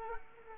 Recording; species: mosquito wingbeat signal from an infrared sensor; Culex quinquefasciatus